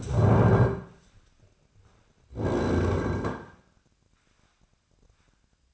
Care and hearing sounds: daily activity, microphone in the room; stand up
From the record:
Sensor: 2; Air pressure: 1009.1 hPa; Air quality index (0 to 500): 170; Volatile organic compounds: 2 ppm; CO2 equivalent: 1246 ppm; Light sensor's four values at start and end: 30/81/34/36 and 31/84/35/37

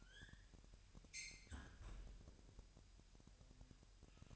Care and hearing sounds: daily activity, microphone in the room; close fridge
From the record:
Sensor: 2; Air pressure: 1001.8 hPa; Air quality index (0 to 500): 249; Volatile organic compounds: 39 ppm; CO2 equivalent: 3125 ppm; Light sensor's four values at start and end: 8/28/11/10 and 8/28/11/10

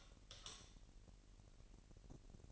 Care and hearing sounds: daily activity, microphone in the room; light off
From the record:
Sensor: 4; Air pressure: 1002.7 hPa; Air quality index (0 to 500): 250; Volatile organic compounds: 15 ppm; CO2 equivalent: 2503 ppm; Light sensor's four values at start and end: 6/14/5/6 and 6/14/5/6

